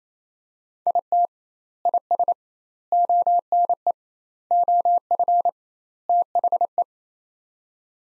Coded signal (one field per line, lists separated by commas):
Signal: Morse code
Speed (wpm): 28 wpm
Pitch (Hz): 700 Hz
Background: none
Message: IT IS ONE OF THE